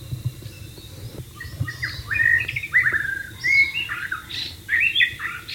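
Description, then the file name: White-rumped shama song, starting quietly then building into loud rising and falling whistled phrases with chattering notes, steady low rumble beneath. "suara burung murai batu di alam liar"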